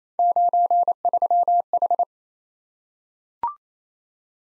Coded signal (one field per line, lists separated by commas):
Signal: Morse code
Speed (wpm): 29 wpm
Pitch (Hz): 700 Hz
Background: none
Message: 93H